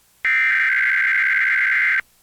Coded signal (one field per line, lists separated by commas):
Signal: Emergency Alert System (SAME) tones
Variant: header bursts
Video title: San Francisco Bay Area RMT over KQED via VHS (EAS #96)